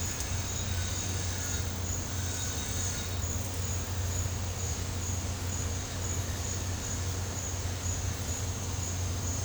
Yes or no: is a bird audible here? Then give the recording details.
no. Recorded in pastures near Puerto Asís, Putumayo, Colombia, on 15 December 2024 at 09:30. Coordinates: 0.502, -76.324. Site G077